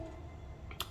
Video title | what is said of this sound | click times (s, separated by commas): Civic Si/Sedan/Coupe/Hatchback 10th Gen Carbon Fiber Mirror Cap Replacement - Mugen and OEM Style | You'll hear the 3 clicks of the 3 clips that are for the actual mirror secure. | 0.7 s, 0.8 s